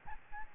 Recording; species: mosquito wingbeat signal from an infrared sensor; Aedes albopictus